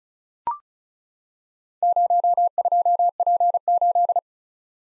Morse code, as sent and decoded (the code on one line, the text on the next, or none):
----- ..--- .--. ---..
02P8